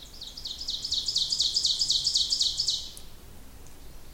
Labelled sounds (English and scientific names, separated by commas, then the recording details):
Ovenbird (Seiurus aurocapilla) song
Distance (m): 35 m
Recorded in boreal forest in Alberta, Canada, on 26 May 2016 at 08:26
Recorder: SongMeter 3, array SBT-3-15
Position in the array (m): 36 m, 247 m
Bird 20